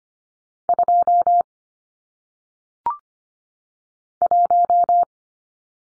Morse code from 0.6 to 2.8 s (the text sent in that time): 2